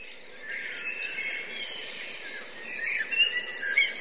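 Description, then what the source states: Blackbirds giving a busy chorus of chattering calls, quieter at first, then sharper squeaky notes near the end, against a hissy background. Several blackbirds; line-in input, with overruns noted.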